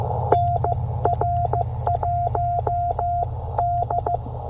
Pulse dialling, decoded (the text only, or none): none